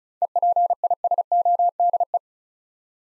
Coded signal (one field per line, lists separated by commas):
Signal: Morse code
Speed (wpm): 36 wpm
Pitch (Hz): 700 Hz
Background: none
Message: EPISODE